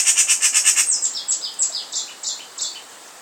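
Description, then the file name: Eurasian magpie chattering: a fast burst of harsh, high pulses, then a slower run of separate, slightly descending notes fading out. "Pica pica"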